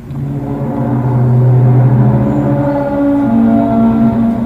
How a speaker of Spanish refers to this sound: Esto es lo que se ha escuchado en Holanda esta semana. Nadie sabe de dónde viene. Oye, es que es como un crujir de hierros. Esto está grabado en plena calle. Nadie sabe de dónde sale.